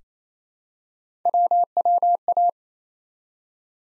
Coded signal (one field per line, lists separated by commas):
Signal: Morse code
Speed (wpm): 28 wpm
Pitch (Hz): 700 Hz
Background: none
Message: WWA